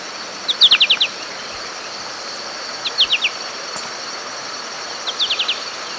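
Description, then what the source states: American goldfinch flight calls: quick, high rattles of four to six short notes, given three times, over steady background hiss. Flight calls from a bird in flight.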